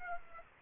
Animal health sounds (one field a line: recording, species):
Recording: mosquito wingbeat signal from an infrared sensor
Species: Aedes aegypti